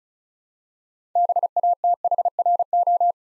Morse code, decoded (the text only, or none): BATHRO